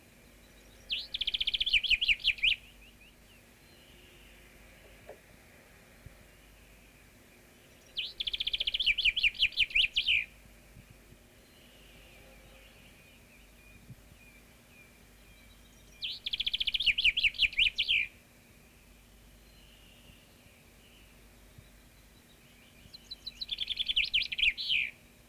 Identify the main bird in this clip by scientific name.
Fringilla coelebs